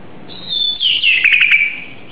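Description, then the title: Oriental magpie-robin singing a single drawn-out whistled phrase that slides down from high to lower pitch, with a quick burst of chirpy notes partway through. "Kicau Kacer"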